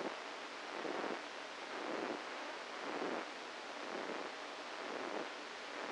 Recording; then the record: brain microelectrode recording played as sound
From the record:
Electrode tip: inside the subthalamic nucleus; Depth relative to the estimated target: 0 mm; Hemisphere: right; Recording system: NeuroSet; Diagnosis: Parkinson's disease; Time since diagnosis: 7 years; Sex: female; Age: 68 years